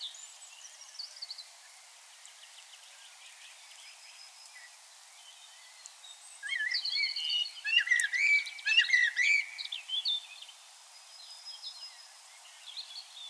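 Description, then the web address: Common blackbird song: quiet opening, then about four seconds of warbled and twittering phrases midway, trailing back to faint background sound. "SETE data Turdus merula"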